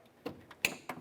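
A wiring harness connector is slid onto the door lock actuator of a 2004-2006 Scion xB, with its locking tab facing the correct way. A few soft taps and knocks come before a sharp, bright click at 0.7 s, followed by another knock near 0.9 s. The connector seats fully and locks into the actuator.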